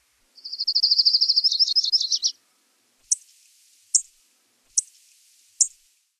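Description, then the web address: Lucy's warbler song: a rapid, high, even trill that drops to a lower, choppier trill, followed by four separate sharp chip notes. Recorded in the western USA. "Songs of Birds of North America Western USA Songbirds. Lucys Warbler"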